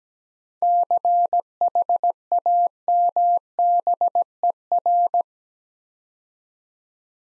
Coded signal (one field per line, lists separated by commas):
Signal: Morse code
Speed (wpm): 17 wpm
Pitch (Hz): 700 Hz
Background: none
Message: CHAMBER